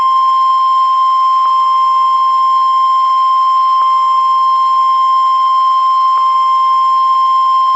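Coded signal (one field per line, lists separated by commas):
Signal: Emergency Alert System (SAME) tones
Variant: 1050 Hz attention tone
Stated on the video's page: NOAA Weather Radio weekly test tones plus a Local Area Emergency alert.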